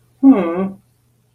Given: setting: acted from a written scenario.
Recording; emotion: vocal sound without words; adoration